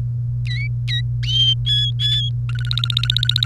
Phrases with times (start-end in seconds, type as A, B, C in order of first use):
0.47-1.01 A, 1.67-2.29 B, 2.49-3.45 C